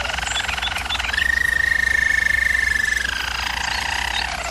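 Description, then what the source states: German Roller canary song: a buzzy roll giving way to a clear steady trill for two seconds, then dropping back to a lower rolling tour. Canary training recording of a German Roller canary singing.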